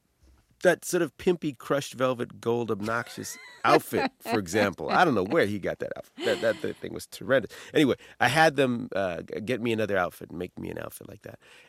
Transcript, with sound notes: that sort of pimp-y, crushed velvet gold, obnoxious outfit, for example.
(Laughter).
I don't know where he got that outfit that thing was terrible. Anyway, I had them get me another outfit, make me an outfit like that.